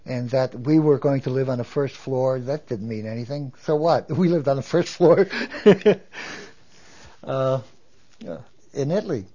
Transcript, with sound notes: And that we were going to live on a first floor, that didn't mean anything. So what? We lived on the first floor ( he laughs ) in Italy.